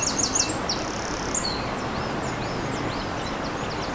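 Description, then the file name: Eurasian wren song ending in a quick high trill, followed by scattered thin chirps over steady running water. Recorded by a stream on 21 April 2015 with a MZ-N710 recorder. "Troglodyte mignon ruisseau 21 04 15"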